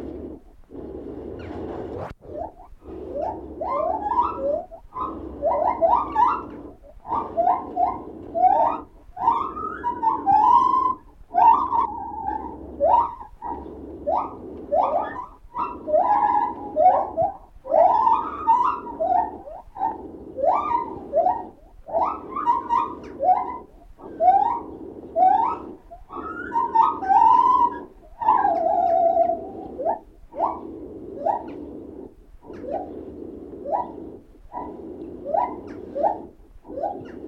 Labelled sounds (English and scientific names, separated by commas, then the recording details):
Lar Gibbon (Hylobates lar)
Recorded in captivity
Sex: pair
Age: adult
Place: Tierpark Berlin, Berlin, DE
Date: 1969-12-21
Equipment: Uher 4200 Report Stereo, Transistorverstärker II, Sennheiser MD 421, Doppelspuraufnahme
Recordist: Tembrock, Günter